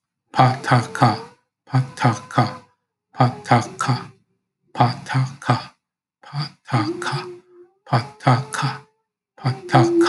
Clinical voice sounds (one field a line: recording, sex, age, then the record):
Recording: repeated syllables /pa ta ka/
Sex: male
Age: 50 to 59 years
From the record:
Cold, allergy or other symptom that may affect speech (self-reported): no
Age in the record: 58 years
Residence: New Jersey, United States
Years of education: 16